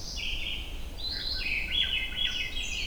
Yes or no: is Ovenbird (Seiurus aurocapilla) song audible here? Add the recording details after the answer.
no. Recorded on 23 June 2016 at 05:35. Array SBT-6-76